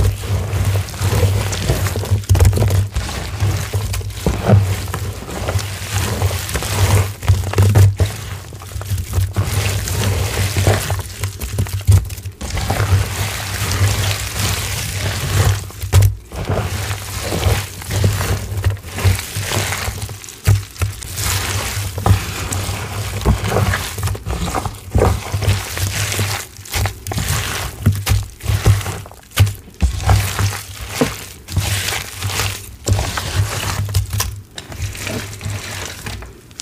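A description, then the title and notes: Confetti is crushed and crinkled continuously in dense, rustling handfuls, with brief pauses and a steady low hum underneath throughout. 18 Mins of Prep + Confetti Crushes!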